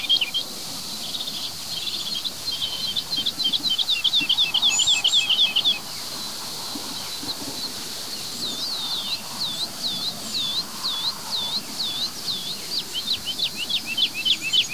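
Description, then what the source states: Woodlark singing: a phrase of rapidly repeated looping high notes, a pause, then another such phrase, several notes a second. Song falls away and pauses repeatedly, unlike skylark's breathless song; sung hovering almost still directly overhead with many strong wingbeats, marking territory; directional microphone.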